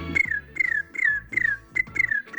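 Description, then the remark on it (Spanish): Whistled bird chirps imitated by a person: about six quick, high, downward-sliding chirps in a steady rhythm, fairly loud over a low, muffled background, with no talking. “Con ustedes, me lo contó un pajarito.”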